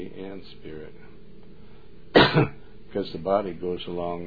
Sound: coughs

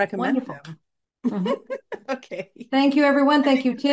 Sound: laughs

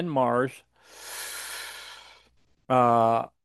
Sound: inhales deeply

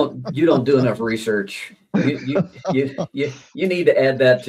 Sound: laughs

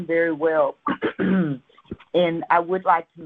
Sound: clears throat

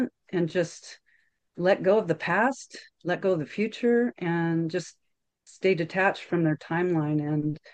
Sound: none

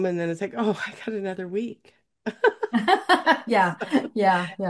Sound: laughs

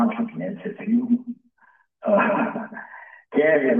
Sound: laughs

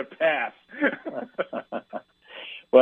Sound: laughs

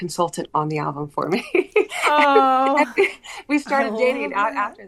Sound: laughs

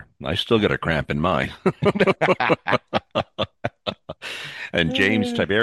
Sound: laughs

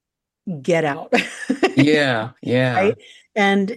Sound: laughs

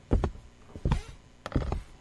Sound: banging; door creaks open

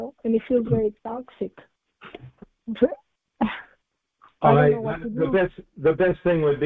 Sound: coughs

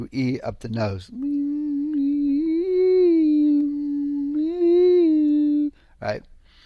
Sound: makes resonant sounds

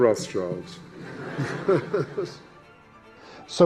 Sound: laughs

